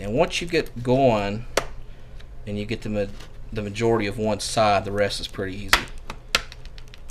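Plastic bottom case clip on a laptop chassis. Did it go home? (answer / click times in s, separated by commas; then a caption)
released / 6.3 s. While someone talks, the plastic bottom case of a small Asus Vivobook laptop (S200E/S200L/F201/X201E/X202E/X202L) is pried up along its edge. A plastic retaining clip on the chassis releases with a sharp pop at 6.4 s, followed by a few faint ticks.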